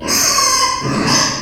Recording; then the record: squeal of a Yucatan mini pig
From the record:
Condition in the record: before surgery on the right vocal fold (resection and tissue-engineered implant); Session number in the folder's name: 2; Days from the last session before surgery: 0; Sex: male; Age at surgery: 12 weeks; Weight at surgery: 13 kg